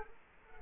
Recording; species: mosquito wingbeat signal from an infrared sensor; Culex quinquefasciatus